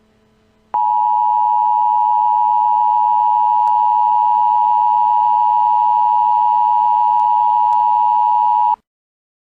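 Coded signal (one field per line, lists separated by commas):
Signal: Emergency Alert System (SAME) tones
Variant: 853 and 960 Hz attention tone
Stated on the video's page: Fictional EAS scenario of a terrorist attack on a Central Pennsylvania mall, made for entertainment.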